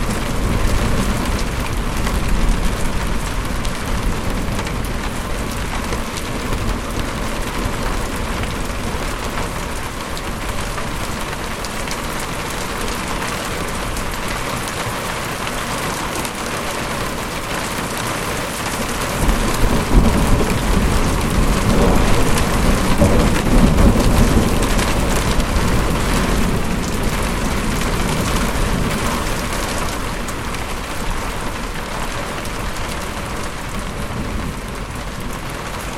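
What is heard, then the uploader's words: Steady rain patters throughout, a dense, even hiss with a low rumbling undertone. Around twenty seconds the low end swells and grows louder for about ten seconds, like a long roll of thunder, before easing back into the constant rainfall. Autumn afternoon thunder. Hearing the coming storm just outside. Recorded by Alex Wegman.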